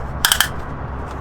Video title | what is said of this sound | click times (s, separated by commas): TURBO CROWN VIC GETS A TUNE! - Haggard Garage burnout challenge car - CLEETUS AND CARS | It's got a nice click. | 0.2 s, 0.3 s, 0.4 s